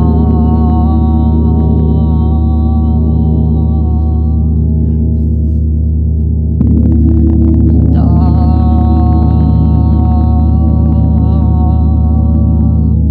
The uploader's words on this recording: 30-Day Chiron Gong Challenge. Gong’s vibrations.